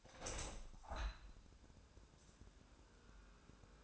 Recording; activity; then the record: daily activity, microphone in the room; open window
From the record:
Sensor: 2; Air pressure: 1000.3 hPa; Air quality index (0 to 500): 155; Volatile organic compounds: 2 ppm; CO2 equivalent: 1287 ppm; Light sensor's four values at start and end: 11/30/11/13 and 11/31/12/14